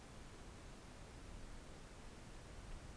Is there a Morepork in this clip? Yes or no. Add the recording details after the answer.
no. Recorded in New Zealand on 4 June 2017. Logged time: 19:01. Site Taranaki